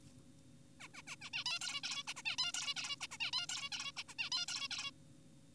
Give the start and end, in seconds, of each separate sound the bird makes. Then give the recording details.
0.80-0.88, 0.94-1.02, 1.08-1.16, 1.22-1.30, 1.34-1.44, 1.46-1.59, 1.61-1.81, 1.84-2.04, 2.08-2.14, 2.16-2.22, 2.26-2.36, 2.38-2.52, 2.54-2.74, 2.76-2.96, 3.01-3.07, 3.11-3.18, 3.20-3.31, 3.33-3.46, 3.49-3.69, 3.72-3.92, 3.97-4.03, 4.08-4.14, 4.19-4.30, 4.32-4.46, 4.48-4.68, 4.71-4.91. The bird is an adult. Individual g4p5U